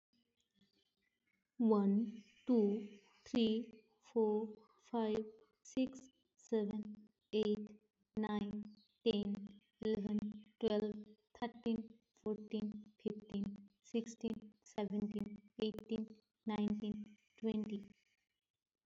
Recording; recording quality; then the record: counting at a normal pace; moderate, slight background noise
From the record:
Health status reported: healthy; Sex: female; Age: 29 years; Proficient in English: no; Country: India